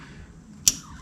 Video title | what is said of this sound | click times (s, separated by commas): 2011 expedition window regulator and keypad - part 2 | and you hear a click you know it's in there okay okay | 0.7 s